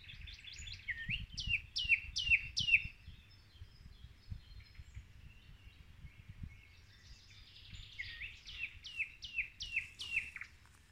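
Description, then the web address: Common nightingale song: two bursts of quick repeated descending whistled notes, separated by softer twittering, over a faint low background rumble. "rossignol ordinaire chant du rossignol"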